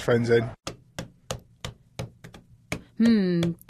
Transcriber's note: tapping on desk